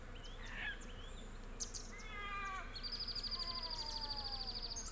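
Wren song: a fast, even, high trill lasting about two seconds, after a few scattered chirps.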